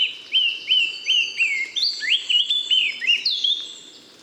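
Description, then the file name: Eurasian blackcap song: a string of loud, clear fluted notes delivered quickly, about three per second, then fading out. "Sylvia atricapilla"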